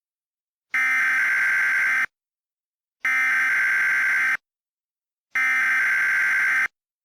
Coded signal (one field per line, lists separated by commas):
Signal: Emergency Alert System (SAME) tones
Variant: header bursts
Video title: EAS Mock 22: Greenhouse